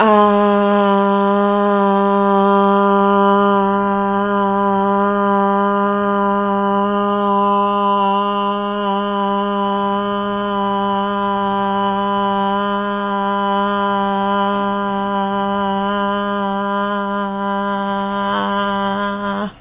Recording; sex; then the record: sustained vowel /a/; female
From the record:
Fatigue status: no fatigue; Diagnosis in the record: COVID-19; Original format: 3gp